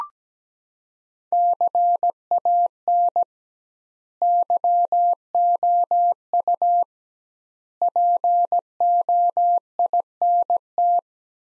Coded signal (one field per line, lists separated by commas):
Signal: Morse code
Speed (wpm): 17 wpm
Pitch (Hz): 700 Hz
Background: none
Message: CAN YOU POINT